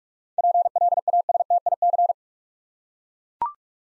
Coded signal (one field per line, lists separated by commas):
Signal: Morse code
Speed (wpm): 44 wpm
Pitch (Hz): 700 Hz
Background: none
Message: PLASTIC